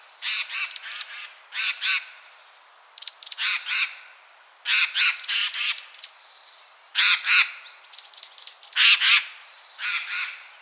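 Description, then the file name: Eurasian jay calls: harsh, rasping bursts mixed with thin high whistled notes, given in clusters with short gaps between. "Garrulus glandarius"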